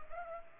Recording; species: mosquito wingbeat signal from an infrared sensor; Culex pipiens